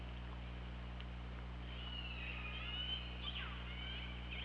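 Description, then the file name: Orca call, a long wavering tone that rises and then drops sharply, over a low constant hum and faint hiss. Recorded on an OrcaLab hydrophone, 24 August 2017 at 21:12:22. "Orca Lab UTLN JASON 20170824 211222"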